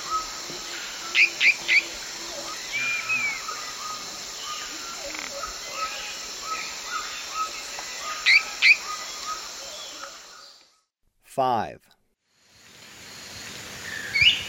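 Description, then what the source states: Dwarf tyrant-manakin giving clipped paired notes at irregular intervals amid a high insect whine; the sound cuts out briefly near the end before one more call. Eastern lowlands of South America.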